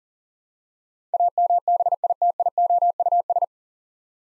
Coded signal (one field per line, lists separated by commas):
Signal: Morse code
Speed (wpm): 38 wpm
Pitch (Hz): 700 Hz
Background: none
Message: AMBITIOUS